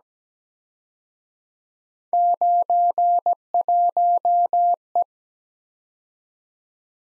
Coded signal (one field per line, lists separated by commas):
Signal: Morse code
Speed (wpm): 21 wpm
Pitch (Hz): 700 Hz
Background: none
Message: 91E